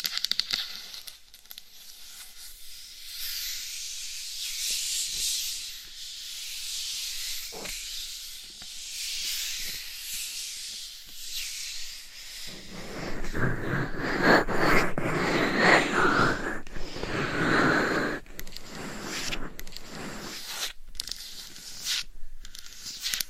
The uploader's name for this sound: Binaural Mic Scratching , Massage & Tapping